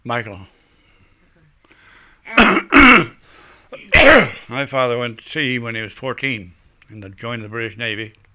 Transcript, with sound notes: Michael.
And...
( he clears his throat ) My father went to sea when he was fourteen and joined the British Navy,